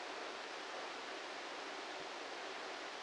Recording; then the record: brain microelectrode recording played as sound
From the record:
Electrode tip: outside the subthalamic nucleus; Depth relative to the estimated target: -6 mm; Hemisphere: left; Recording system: NeuroSet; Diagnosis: Parkinson's disease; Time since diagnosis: 8 years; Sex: male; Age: 58 years